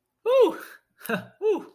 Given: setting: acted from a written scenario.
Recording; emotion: vocal sound without words; triumph